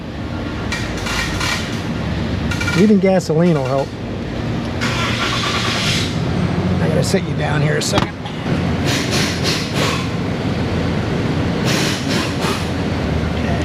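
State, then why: Not seated. A mechanic handles a lubricated fuel injector with O-rings, about to push it into its bore or fuel rail on the engine intake, while someone talks over a steady background hum with handling knocks near 0.7 s and 2.5 s. Nothing has seated or clicked yet; the injector is not yet home when the clip ends.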